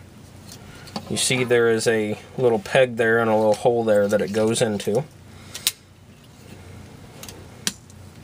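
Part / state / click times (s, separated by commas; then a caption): plastic peg on a toy robot chest panel into its hole / seated / 7.7 s. Someone talks while pressing the plastic chest panel of a Transformers Generations Waspinator action figure down during transformation, so that its small peg enters a matching hole. After a few quieter plastic taps around 5.6 s, a sharp, loud plastic snap at 7.7 s marks the peg seating in its hole.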